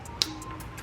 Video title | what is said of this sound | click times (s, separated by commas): Upgrading to OEM LED Headlights! Tacoma Install + Review (81150-04290, 81110-04290) | again this is where your ground is coming from so it's really important that this is making a solid connection so make sure you hear it click | 0.2 s